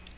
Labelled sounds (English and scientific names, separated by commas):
Magnolia Warbler (Setophaga magnolia) flight call